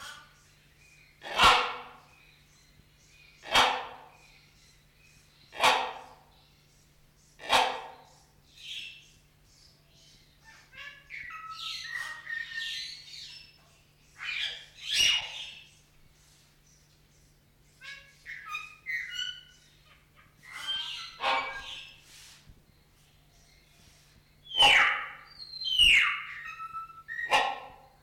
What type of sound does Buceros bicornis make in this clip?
call